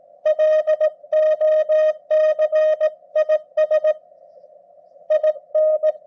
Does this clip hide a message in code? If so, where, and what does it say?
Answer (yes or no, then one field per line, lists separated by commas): yes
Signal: Morse code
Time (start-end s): 0.3-5.9 s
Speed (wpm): 18 wpm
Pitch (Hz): 620 Hz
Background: none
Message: LOC IS IN